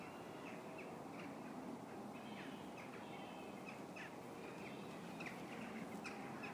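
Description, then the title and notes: Birds chirping: short, high chirps repeated irregularly throughout over a steady broad background rumble. Birds chirping on a mild February evening in the Schlosspark Herten, by the delivery driveway to the LWL clinic, Herten, Germany; recorded with an iPhone 5. "Schlosspark Herten, Lieferantenzufahrt zur LWL-Klinik - Vogelgezwitscher im Schlosspark Herten. Birds chirping on a mild February evening in the park of Herten, Germany"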